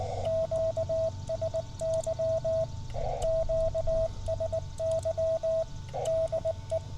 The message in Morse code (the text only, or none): QSY QSY DE